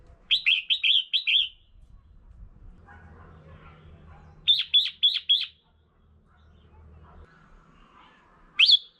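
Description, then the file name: Red-whiskered bulbul with two fast runs of four to five bouncy, whistled notes, then one sharp rising chirp at the end; soft rumble between phrases. Female bird. "tieng chao mao mai"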